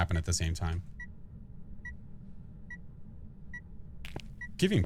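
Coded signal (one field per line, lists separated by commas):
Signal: none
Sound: game sound beeps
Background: speech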